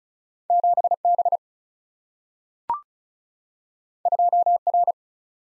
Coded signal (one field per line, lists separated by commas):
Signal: Morse code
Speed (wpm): 36 wpm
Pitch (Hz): 700 Hz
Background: none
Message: 7B 2R